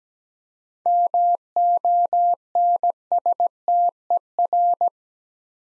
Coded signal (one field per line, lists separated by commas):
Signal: Morse code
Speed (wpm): 17 wpm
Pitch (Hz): 700 Hz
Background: none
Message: MONSTER